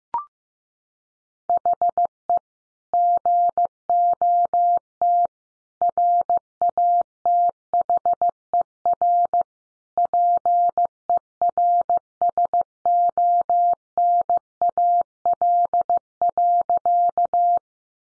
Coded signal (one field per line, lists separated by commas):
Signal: Morse code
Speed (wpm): 15 wpm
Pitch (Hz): 700 Hz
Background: none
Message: HE GOT RATHER PERSONAL.